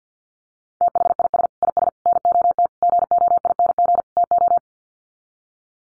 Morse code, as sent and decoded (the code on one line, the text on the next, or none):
- .... .. ... / .. ... / -. --- - / --. --- .. -. --. / - ---
THIS IS NOT GOING TO